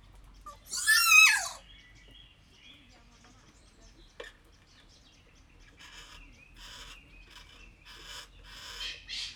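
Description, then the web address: Kea uttering one loud, grating downward screech early on, then scattered faint whistles, a sharp click and several noisy bursts. Recorded at Jászberény Zoo in 2016. "allathangok jaszberenyizoo 2016 professzionalis kea hallgatolagosvendegsegben"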